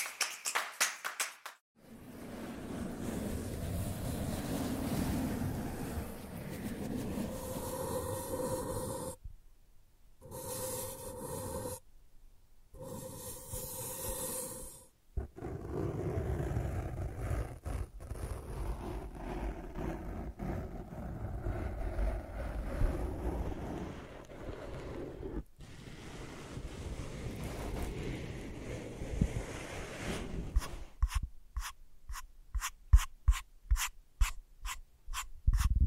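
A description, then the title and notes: Sensitive tracing: a steady, dense scratchy rubbing runs most of the way, with brief silent breaks near 2, 9–12, 15 and 25 seconds. Around 10–15 seconds a thin ringing tone shows. The last five seconds turn to quick, regular taps. ASMR Sensitive Tracing (No Talking).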